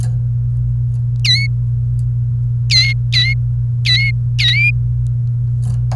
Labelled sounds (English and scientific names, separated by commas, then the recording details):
Domestic Canary (Serinus canaria) song
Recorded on 28 April 2018 at 08:59
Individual llb3